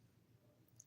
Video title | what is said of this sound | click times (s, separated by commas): f**kin up the kitchen | until you feel it click | 0.8 s